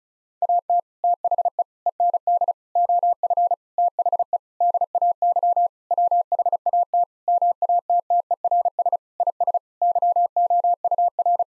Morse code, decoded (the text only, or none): AT THE END OF THE DAY WHAT MATTERS IS YOUR